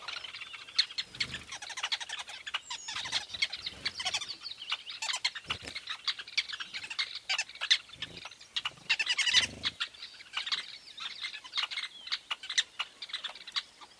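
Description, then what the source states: A weaver colony chatters without pause, a dense mix of chirps, buzzes and squeaky notes. Recorded at a large weaver nest in Etosha National Park, Namibia.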